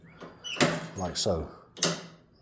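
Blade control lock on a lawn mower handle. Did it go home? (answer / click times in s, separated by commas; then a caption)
yes / 1.8 s. The blade control lock on the handle of a Toro TurfMaster HDX 30 lawn mower is pressed in and the blade control is operated, with a sharp knock near 0.6 s while someone talks. The lock re-engages with a crisp mechanical click at 1.8 s, seating back into place.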